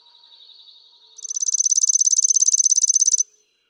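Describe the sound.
Chipping sparrow giving a quick, dry, steady trill of high notes for about two seconds, following a softer, lower buzzy trill.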